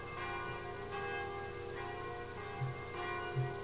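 Church bells ring on a grey November day in a steady peal, with strikes roughly every second and rich, sustained metallic overtones hanging between them. No voices are heard.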